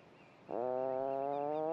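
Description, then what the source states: Atlantic puffin burrow call: a sudden deep drone that starts with a slight rise, then holds steady and rich in overtones. Recorded with a microphone inside a burrow on Skellig Michael; birds call and answer from below the surface with a deep rolling motorbike drone, then listen for a neighbour's reply.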